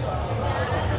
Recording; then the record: background sound without coughing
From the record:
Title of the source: CITY SOUNDS Busy Bar in the Evening Night - 2 HOURS of Ambiance for Relaxation